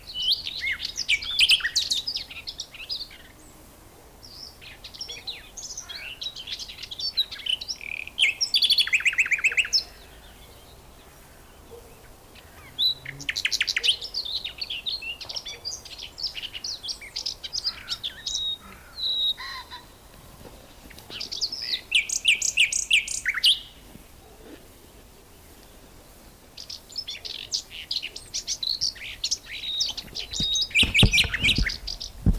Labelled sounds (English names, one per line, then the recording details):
Common Whitethroat song
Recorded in the wild
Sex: male
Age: adult
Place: Lübars (Fließtal), Berlin, DE
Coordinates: 52.6167, 13.35
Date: 1999-05-01 11:30
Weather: fair, 15°C
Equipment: Nagra SN, Kopie Uher 4000 Report Monitor
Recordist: Tembrock, Günter